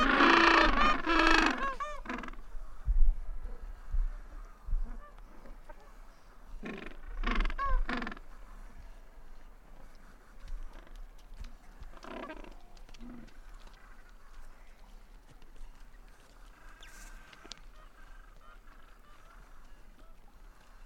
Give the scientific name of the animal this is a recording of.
Pygoscelis papua